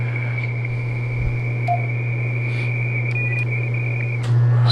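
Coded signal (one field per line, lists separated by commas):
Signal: RTTY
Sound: rapid warbling two-tone chatter around 2.3 kHz over a steady low hum, ending abruptly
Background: low hum, radio static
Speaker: an arrow up the bandwidth go back to 250 Hertz something C Q again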